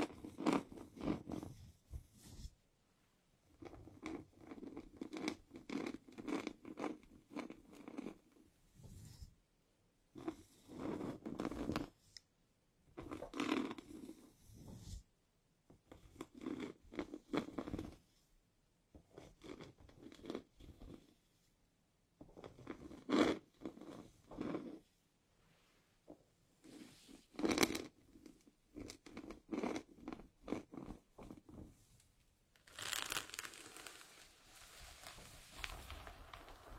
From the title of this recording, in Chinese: 温温柔柔梳头发